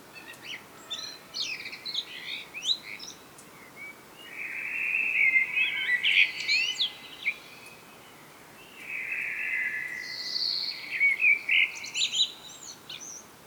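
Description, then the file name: Common blackbird song: two long warbled phrases around mid pitch, each ending in high squeaky twitters, separated by a pause, over steady background hiss. "Turdus merula"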